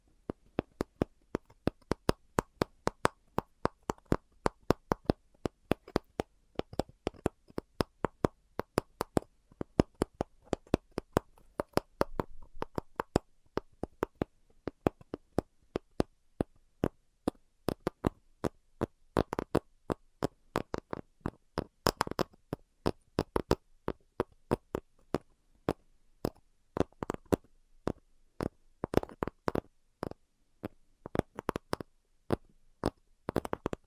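ASMR tapping: sharp, dry taps hit in quick, uneven bursts, some faster and louder than others, continuing throughout over near silence.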